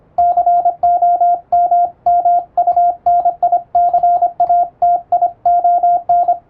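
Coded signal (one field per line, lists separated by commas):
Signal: Morse code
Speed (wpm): 25 wpm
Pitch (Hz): 700 Hz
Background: radio noise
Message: COMMUNICATION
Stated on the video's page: Morse code sent with an electronic keyer in English-language radio telegram format, for receiving practice.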